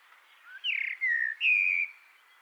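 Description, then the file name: Eurasian blackbird giving a short fluty phrase of three mellow whistles, the last held steady. "Turdus merula"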